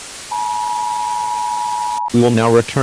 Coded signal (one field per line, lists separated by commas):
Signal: Emergency Alert System (SAME) tones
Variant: 853 and 960 Hz attention tone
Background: speech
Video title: EAS Scenario Part 2 - The Prion